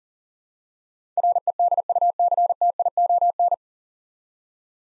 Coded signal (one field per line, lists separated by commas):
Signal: Morse code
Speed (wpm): 40 wpm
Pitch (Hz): 700 Hz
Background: none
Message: REDUCTION